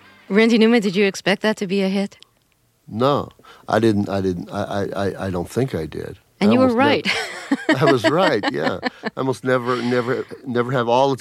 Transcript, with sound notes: Randy Newman, did you expect that to be a hit?
No, I didn't. I didn't. I don't think I did, and I was not...
And you were right (laughter).
I was right, yeah. I almost never have